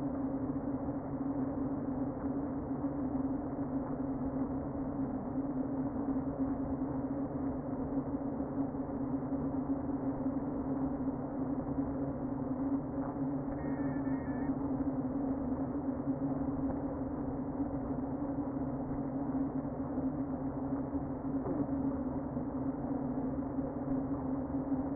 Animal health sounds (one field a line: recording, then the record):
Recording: honeybee colony, microphone inside the hive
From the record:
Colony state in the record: queen present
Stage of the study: before two queens were removed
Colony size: about 60,000 bees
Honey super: yes